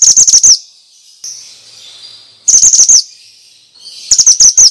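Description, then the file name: Bird song: three clusters of quick, piercing chirp notes about two seconds apart, with softer sounds in the gaps. Used as a lure for stressed birds; 'suara mantenan' sound. "Pancingan Ampuh Burung Stress Suara Mantenan"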